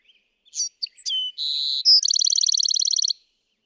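Bewick's wren song: a few sharp high introductory notes, a steady buzzy note, then a fast, even trill of rapid high notes lasting about a second.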